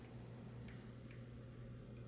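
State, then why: Not seated. The top cap of a craft birdfeeder is pressed down over a pushed-up cord onto the decorative feeder body. Two faint ticks are heard, near 0.7 s and 1.1 s, over a steady low hum. The cap does not snap on and only sits on top, so nothing has clicked into place, and it is to be glued instead.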